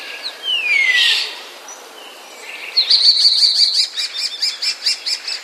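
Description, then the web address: Common starling song: a long descending whistle, a pause, then a fast train of short buzzy notes repeated several times a second. Common starling song containing borrowings from sparrows. "wroblowe zapozyczenia szpaki"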